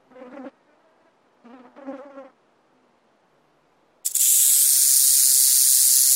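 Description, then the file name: Snake hiss: a sudden loud, steady, airy rush of noise begins partway through and lasts over two seconds, after a few softer buzzing bursts. "serpente"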